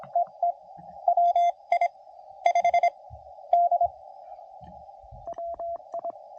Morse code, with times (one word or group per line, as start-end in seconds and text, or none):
0.2-0.5 EE
1.1-1.9 WI
2.5-2.9 5
3.5-3.9 D
5.3-6.1 WI